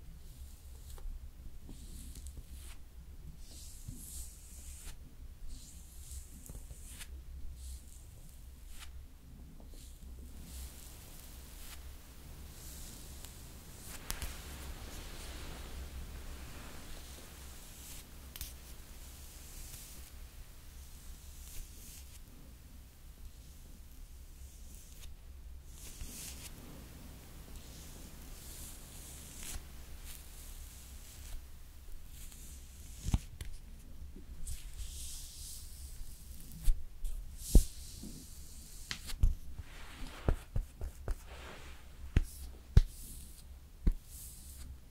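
Makeup being applied slowly, with soft brushing and rustling over a steady low hum, and sharper taps and clicks growing frequent near the end.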